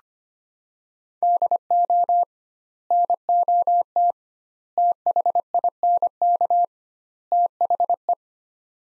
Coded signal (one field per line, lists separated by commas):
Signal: Morse code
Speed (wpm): 25 wpm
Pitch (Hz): 700 Hz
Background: none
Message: DO NOT THINK THE